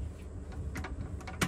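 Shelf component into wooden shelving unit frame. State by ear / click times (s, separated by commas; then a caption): seated / 1.4 s. A shelf part is pushed into the frame of a pine shelving unit during assembly, with a few light taps at about 0.8, 0.9, 1.2 and 1.3 seconds over a low background rumble. A sharp, loud click at 1.4 seconds marks the part seating in place.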